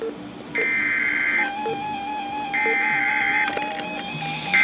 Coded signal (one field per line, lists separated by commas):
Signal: Emergency Alert System (SAME) tones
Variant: header bursts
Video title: NOAA Weather Radio EAS #400: Severe Thunderstorm Warning